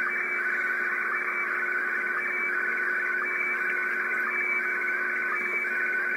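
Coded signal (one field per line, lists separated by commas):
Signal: SSTV (slow-scan television)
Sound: warbling tones between mid and high pitch buried in heavy hiss, with a steady low hum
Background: radio static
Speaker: трансивер работа антенны на п и в режиме сств переходим непосредственно к [музыка] эксперименту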